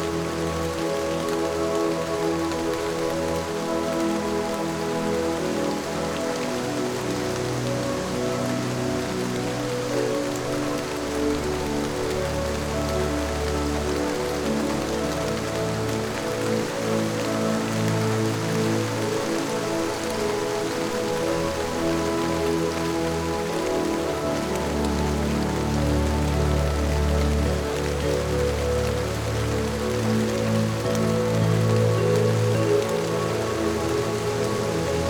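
A summer rain falls steadily, a dense patter of drops on a hard surface that stays even for the whole stretch. Beneath it runs a low, droning hum with a few distinct steady tones, thickening and deepening at moments midway and near the end.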